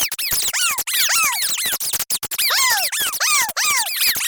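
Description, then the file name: Rodent squeals crowding together, many falling high-pitched squeaks layered over constant scratching and skittering. Artificially created ambience of a rodent plague. "CREATED AMBIENCE RODENT PLAGUE"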